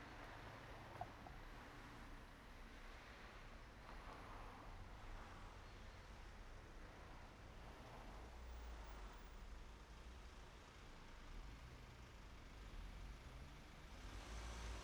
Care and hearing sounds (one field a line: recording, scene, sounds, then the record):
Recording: everyday scene through a hearing-aid microphone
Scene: in traffic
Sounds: traffic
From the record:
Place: main road on the outskirts, rush hour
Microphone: behind the ear, right, front